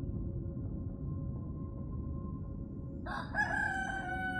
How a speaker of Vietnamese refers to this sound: Tiếng gà gái canh tư làm cho hai bành choàng tỉnh sau một giấc ngủ dài.